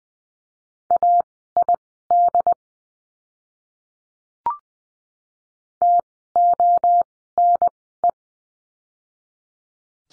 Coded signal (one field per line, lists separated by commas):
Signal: Morse code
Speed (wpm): 20 wpm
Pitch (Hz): 700 Hz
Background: none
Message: AID TONE